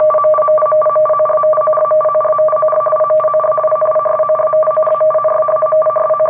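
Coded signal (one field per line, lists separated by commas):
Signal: RTTY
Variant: 50 baud, 500 Hz shift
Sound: fast warbling two-tone chatter, alternating between low and high pitches continuously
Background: faint low hum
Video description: Sonda pracuje w emisji SSB modulacją RTTY 50/500 wysyłając w ramce swój znak, godzinę, koordynaty, wysokość, temperaturę, napięcie ogniwa prądu i ilość satelitów GPS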